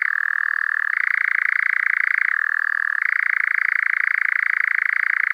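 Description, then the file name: European nightjar churring: a steady, rapid mechanical trill held without a break, with two clear shifts in pitch partway through. "ENGOULEVENT"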